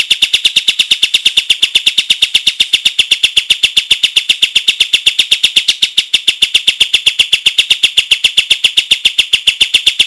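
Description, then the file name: White-shouldered triller calling continuously in a dense, fast chatter of sharp high notes, steady throughout. "suara-kapas-tembak-versi 1"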